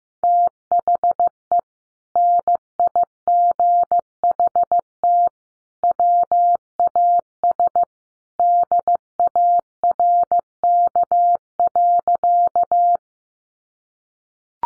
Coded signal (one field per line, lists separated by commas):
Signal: Morse code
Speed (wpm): 15 wpm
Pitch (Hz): 700 Hz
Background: none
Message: THE NIGHT WAS DARK.